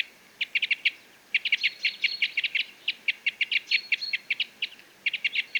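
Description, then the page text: Parrot crossbill calls: emphatic, clipped chip notes delivered in quick bursts and short trains, with brief gaps between groups. "Jelmer Poelstra - Клёст-сосновик (Loxia pytyopsittacus)"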